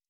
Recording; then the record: hydrophone in a shrimp aquaculture tank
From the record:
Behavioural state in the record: stressed